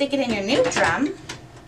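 Someone talks while an old plastic toner cartridge from a Brother HL2770dw laser printer is handled and brought toward a new drum unit, to be pushed in until it clicks. The speech fades after about 1.2 s into quiet handling, with a faint short sound at 1.7 s right at the end. Nothing has seated or clicked yet.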